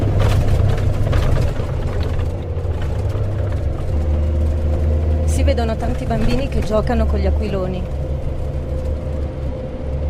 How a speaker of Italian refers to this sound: Il nostro blindato Lince procede veloce su una strada decisamente dissestata, piena di buche e di sassi. Diverse automobili ci passano vicine e anche camion.